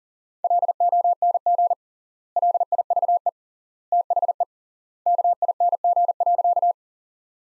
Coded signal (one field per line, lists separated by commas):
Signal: Morse code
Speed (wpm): 40 wpm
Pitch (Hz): 700 Hz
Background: none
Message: LONG LIVE THE KING.